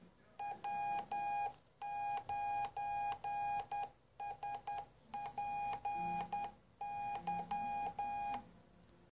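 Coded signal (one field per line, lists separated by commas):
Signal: Morse code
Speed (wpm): 10 wpm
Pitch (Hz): 820 Hz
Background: none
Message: W9SPY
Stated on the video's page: CW transmitted from own radio and piped into a Commodore 64 Microlog SWL cartridge; no good on-air signals found.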